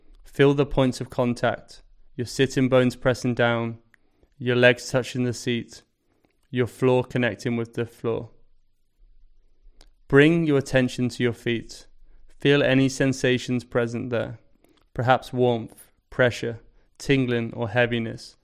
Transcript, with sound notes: Feel the points of contact – your sitting bones pressing down, your legs touching the seat, your feet connecting with the floor. [Pause 5 seconds] Bring your attention to your feet. Feel any sensations present there – perhaps warmth, pressure, tingling, or heaviness.